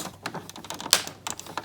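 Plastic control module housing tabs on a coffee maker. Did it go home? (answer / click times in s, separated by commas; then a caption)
yes / 0.9 s. The plastic control module housing on a Keurig coffee maker, opened for a broken-screen repair, is pressed closed by hand, with several light plastic clicks and taps before one sharp, loud snap of the tabs at 0.9 s. The housing snaps together and is seated.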